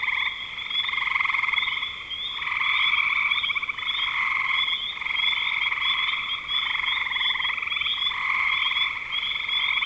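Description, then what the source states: Frogs in a steady massed chorus, buzzy trills layered into a near-continuous wall of sound with a few brief dips. Recorded in spring 2025.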